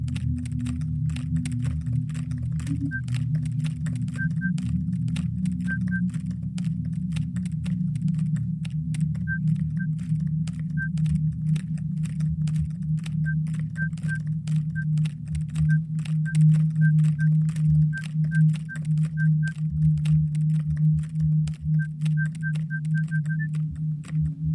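Laptop keyboard typing, with quick, fairly regular key taps running through the whole 25 seconds, sometimes in short bursts. A steady low hum sits underneath. Faint high beeps recur every second or so, clustering into rapid runs near the end.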